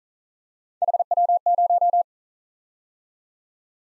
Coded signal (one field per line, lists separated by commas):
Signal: Morse code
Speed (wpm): 43 wpm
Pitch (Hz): 700 Hz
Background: none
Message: HW0